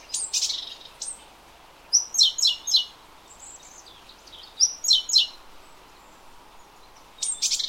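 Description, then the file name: Great tit making grouped high chattering notes in short clusters of three or four, separated by brief pauses. "Parus major"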